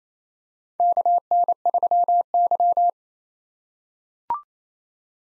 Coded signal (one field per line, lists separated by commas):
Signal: Morse code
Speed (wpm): 28 wpm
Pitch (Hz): 700 Hz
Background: none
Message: KN3Y